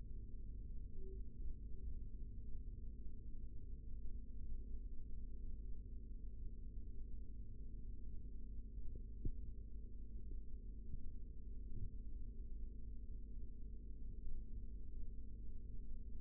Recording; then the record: forearm muscle sounds (acoustic myography)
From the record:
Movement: rest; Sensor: system 3, bracelet of six PUI Audio POM-2738L microphones around the upper forearm, with dedicated amplification and filtering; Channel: 3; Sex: male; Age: 25 years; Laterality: right